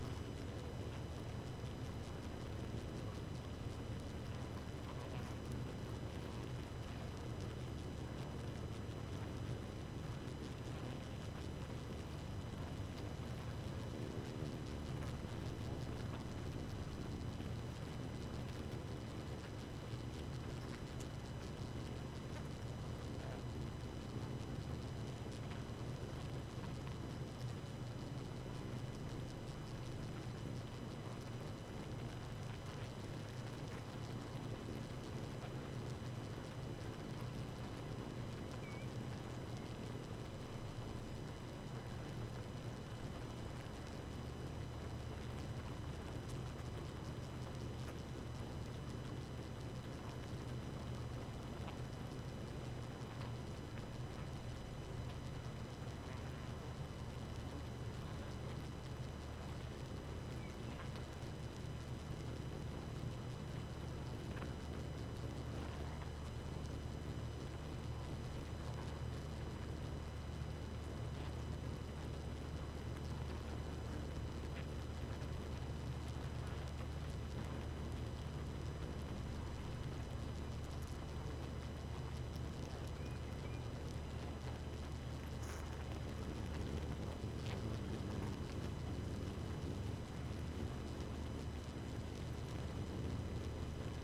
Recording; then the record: honeybee colony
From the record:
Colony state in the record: active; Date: 12 June 2018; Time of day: 2:40